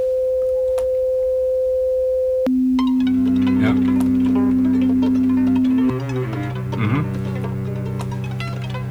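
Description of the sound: Audiometer test tone used for tinnitus pitch matching: a steady pure tone that steps lower in pitch, compared against the patient's own ear noise (tinnitus) to judge whether the two are hard to tell apart.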